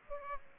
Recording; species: mosquito wingbeat signal from an infrared sensor; Aedes aegypti